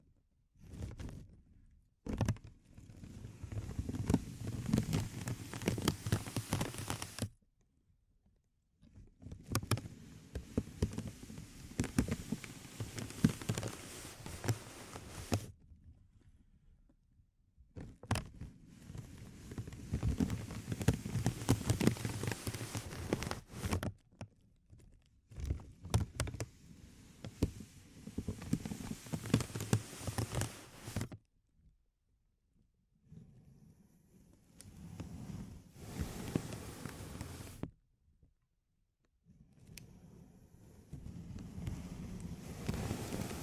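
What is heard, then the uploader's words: Sensitive crinkles come in long rustling bursts, dense and crackly with a low rumble beneath, each lasting several seconds. Short silent gaps separate them, near 7, 15, 24, 31 and 37 seconds, and sharper snaps dot the texture, especially early on. ASMR Sensitive Crinkles (No Talking).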